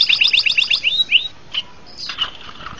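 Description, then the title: Bird gives a quick burst of high twittering notes and two rising whistles, followed by a few softer, scattered chirps. "LuckyKumpulan SuaraBurung"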